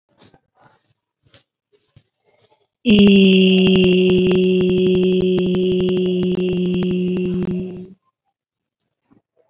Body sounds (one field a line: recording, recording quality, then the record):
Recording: sustained vowel as in beet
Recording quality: excellent, no background noise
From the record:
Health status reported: COVID-19 positive, mild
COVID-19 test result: positive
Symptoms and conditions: breathing difficulty, fatigue, hypertension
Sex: female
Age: 62 years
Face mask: not worn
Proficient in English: yes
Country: India